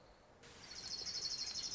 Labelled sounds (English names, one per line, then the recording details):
Orange-crowned Warbler
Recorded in Sonoma County, California